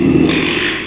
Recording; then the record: squeal of a Yucatan mini pig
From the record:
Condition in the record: after surgery on the right vocal fold (resection and tissue-engineered implant); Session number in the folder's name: 1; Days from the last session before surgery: 6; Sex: male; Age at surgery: 12 weeks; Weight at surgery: 13 kg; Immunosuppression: cyclosporine, prednisolone